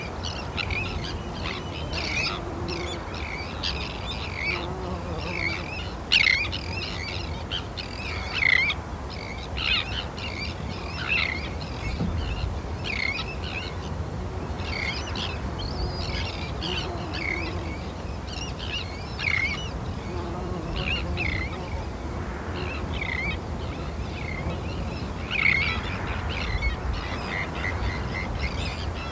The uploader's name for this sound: listening to cries of terns from a bird hide at Hodbarrow, Cumbria